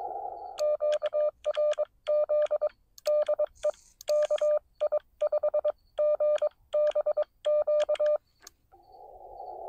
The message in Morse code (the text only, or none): QRZ DE KI5GBQ